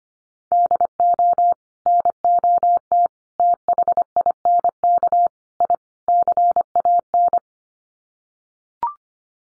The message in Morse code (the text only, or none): DO NOT THINK I CAN